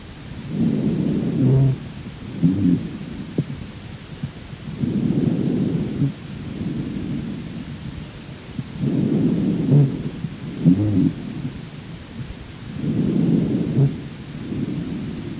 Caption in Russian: Другой вариант сухих басовых хрипов. Басовые хрипы наиболее часто выслушиваются у пациентов с бронхитом.